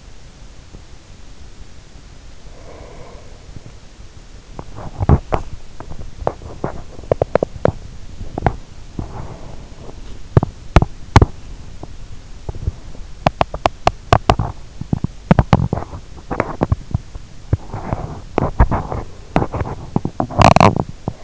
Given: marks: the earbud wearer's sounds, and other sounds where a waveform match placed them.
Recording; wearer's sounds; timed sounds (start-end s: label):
sounds in sleep by an in-ear microphone; breath, teeth grinding
2.33-3.96 s: breath
4.44-21.24 s: teeth grinding